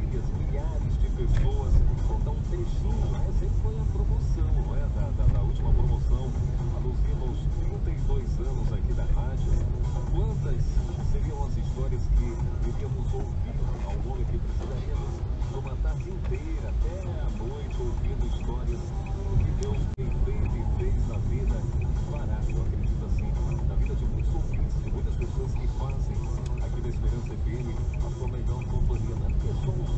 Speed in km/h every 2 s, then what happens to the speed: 22, 21, 21, 21, 18, 18, 12, 10, 12, 13, 18, 17, 16, 16, 21.
0-10 steady at about 21. 10-15 slows to 10. 15-20 speeds up to 18. 20-26 steady at about 16.